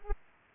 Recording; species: mosquito wingbeat signal from an infrared sensor; Aedes aegypti